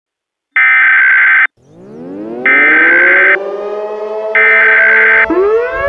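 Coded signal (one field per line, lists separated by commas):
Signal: Emergency Alert System (SAME) tones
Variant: header bursts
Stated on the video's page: Fictional EAS scenario.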